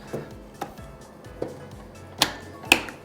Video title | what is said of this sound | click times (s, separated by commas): MOTION CLEANING MACHINES: BLUEEVOLUTION S+ HOW TO | giving it a firm push until you hear that click, | 2.7 s